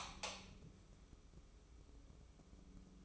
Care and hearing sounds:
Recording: daily activity, microphone in the room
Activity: light on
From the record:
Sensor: 1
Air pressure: 995.3 hPa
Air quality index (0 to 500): 25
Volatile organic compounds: 0 ppm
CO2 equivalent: 500 ppm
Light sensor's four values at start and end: 10/26/10/11 and 14/41/15/17

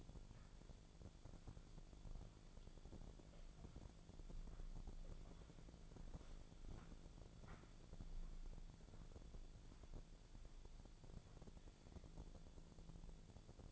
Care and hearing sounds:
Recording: daily activity, microphone in the room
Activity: walk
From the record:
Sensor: 5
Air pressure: 1008.4 hPa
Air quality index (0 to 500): 154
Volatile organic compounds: 3 ppm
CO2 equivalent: 1485 ppm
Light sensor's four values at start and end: 66/182/72/73 and 66/182/72/73

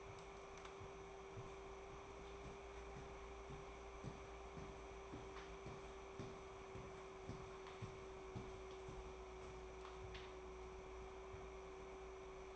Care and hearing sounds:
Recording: daily activity, microphone in the room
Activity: walk to room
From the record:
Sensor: 1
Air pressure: 1010.5 hPa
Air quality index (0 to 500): 169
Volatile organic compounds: 12 ppm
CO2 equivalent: 2334 ppm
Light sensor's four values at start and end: 58/150/62/80 and 53/140/57/73

